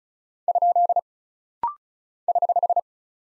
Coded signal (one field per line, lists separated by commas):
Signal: Morse code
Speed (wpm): 36 wpm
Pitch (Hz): 700 Hz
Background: none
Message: ? <HH>